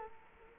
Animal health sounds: mosquito wingbeat signal from an infrared sensor; Culex quinquefasciatus

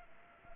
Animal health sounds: mosquito wingbeat signal from an infrared sensor; Culex pipiens

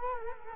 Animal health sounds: mosquito wingbeat signal from an infrared sensor; Culex quinquefasciatus

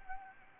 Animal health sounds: mosquito wingbeat signal from an infrared sensor; Anopheles gambiae

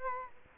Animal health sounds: mosquito wingbeat signal from an infrared sensor; Culex quinquefasciatus

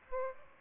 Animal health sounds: mosquito wingbeat signal from an infrared sensor; Aedes aegypti

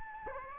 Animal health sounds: mosquito wingbeat signal from an infrared sensor; Anopheles gambiae

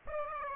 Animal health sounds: mosquito wingbeat signal from an infrared sensor; Aedes aegypti

